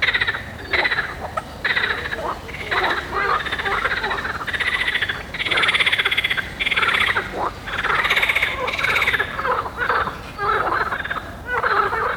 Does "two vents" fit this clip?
no